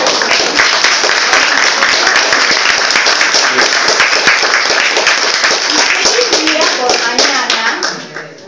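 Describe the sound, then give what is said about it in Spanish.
An audience applauds at the close of an astrology conference session with dense, steady clapping from many hands for about eight seconds, a few voices faintly mixed in, before the clapping quickly dies away at the end. “Sí, otro aplauso.”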